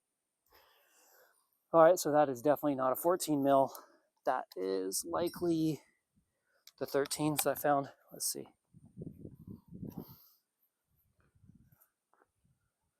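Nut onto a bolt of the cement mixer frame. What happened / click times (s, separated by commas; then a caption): A nut was threaded on by hand with no seating click / none. Someone talks while starting a 13 mm nut by hand onto a bolt of a Bauer cement mixer frame, before tightening it with a ratchet. Soft metal ticks are heard as the nut turns, and it is found not to be cross-threaded. Nothing has seated or clicked yet.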